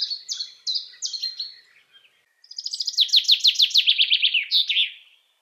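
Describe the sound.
Common chaffinch: a few separate chipping notes, then a full accelerating trill that drops in pitch and finishes with a sharp flourish.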